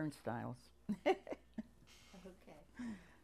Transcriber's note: chuckles